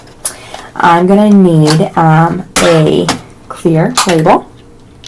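A clear plastic label tape cassette is being handled for a Brother PT-H110 P-touch handheld label maker, to go into its tape compartment, while someone talks. Brief knocks and handling sounds occur at about 0.3 s and 0.5 s, with a tiny tick near 5.1 s. Nothing has seated or clicked yet.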